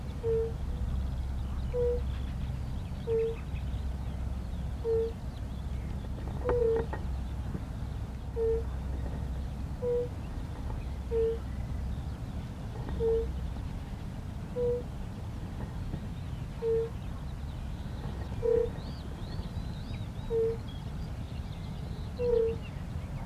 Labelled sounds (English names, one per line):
Fire-Bellied Toad call